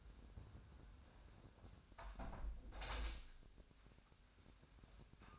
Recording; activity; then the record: daily activity, microphone in the room; close window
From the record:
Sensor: 2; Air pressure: 1006.4 hPa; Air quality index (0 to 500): 198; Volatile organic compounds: 13 ppm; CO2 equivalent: 2410 ppm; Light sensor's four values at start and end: 9/21/9/9 and 8/21/8/9